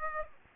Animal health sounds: mosquito wingbeat signal from an infrared sensor; Aedes aegypti

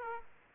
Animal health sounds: mosquito wingbeat signal from an infrared sensor; Aedes aegypti

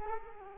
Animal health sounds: mosquito wingbeat signal from an infrared sensor; Culex quinquefasciatus

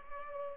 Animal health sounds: mosquito wingbeat signal from an infrared sensor; Culex pipiens

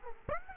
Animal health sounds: mosquito wingbeat signal from an infrared sensor; Aedes aegypti

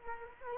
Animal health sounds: mosquito wingbeat signal from an infrared sensor; Culex quinquefasciatus

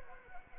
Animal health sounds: mosquito wingbeat signal from an infrared sensor; Anopheles arabiensis

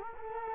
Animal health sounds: mosquito wingbeat signal from an infrared sensor; Culex quinquefasciatus

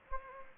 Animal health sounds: mosquito wingbeat signal from an infrared sensor; Anopheles gambiae

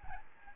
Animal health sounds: mosquito wingbeat signal from an infrared sensor; Aedes albopictus

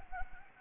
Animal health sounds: mosquito wingbeat signal from an infrared sensor; Anopheles gambiae

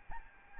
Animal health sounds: mosquito wingbeat signal from an infrared sensor; Aedes albopictus

